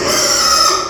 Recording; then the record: squeal of a Yucatan mini pig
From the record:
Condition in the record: before surgery on the right vocal fold (resection and tissue-engineered implant); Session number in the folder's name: 1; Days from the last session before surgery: -3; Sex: male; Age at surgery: 12 weeks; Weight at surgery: 13 kg